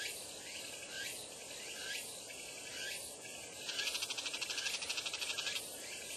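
Bull-headed shrike chatter, a rapid run of harsh pulsed notes lasting about two seconds midway, with soft background noise before and after.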